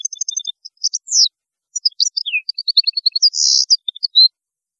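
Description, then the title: European goldfinch song, a rapid stream of twitters, short trills and a buzzy note. "Chant Chardonneret"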